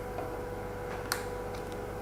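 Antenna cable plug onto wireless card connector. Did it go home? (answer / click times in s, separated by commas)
yes / 1.1 s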